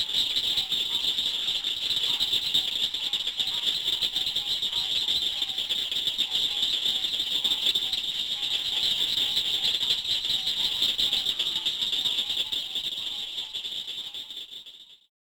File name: Southern cricket frog